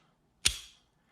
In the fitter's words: need to rotate it one click clockwise you'll hear it disengage and then with a slight pull it will come out